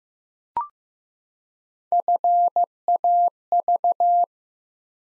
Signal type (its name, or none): Morse code